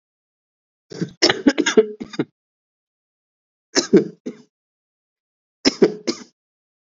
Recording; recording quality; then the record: heavy voluntary cough; excellent, no background noise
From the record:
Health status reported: exposed to COVID-19, no respiratory illness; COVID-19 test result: not tested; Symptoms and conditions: cough, sore throat, fatigue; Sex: male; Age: 25 years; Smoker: not ticked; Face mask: not worn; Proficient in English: yes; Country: India